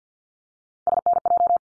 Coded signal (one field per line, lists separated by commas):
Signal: Morse code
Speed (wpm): 50 wpm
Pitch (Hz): 700 Hz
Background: none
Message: SNJ